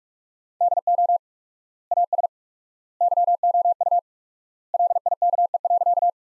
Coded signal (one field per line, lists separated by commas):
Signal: Morse code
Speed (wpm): 45 wpm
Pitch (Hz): 700 Hz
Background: none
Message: DO AS YOU LIKE.